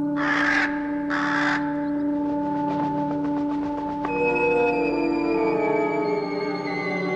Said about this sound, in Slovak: Havran, ako by vedel, čo ideme robiť. Netáraj, vždy tu dáky obletuje.